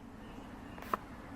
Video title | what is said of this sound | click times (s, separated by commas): Sheath Knives LT Wright Genesis | it's almost like a kydex fit you can hear it pop | 0.9 s